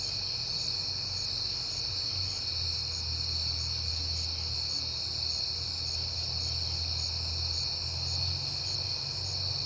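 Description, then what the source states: Crickets trilling steadily with rhythmic higher chirps, while a low rumble of passing traffic sounds underneath. On a peaceful night in September, when crickets were heard often; cars pass during the recording.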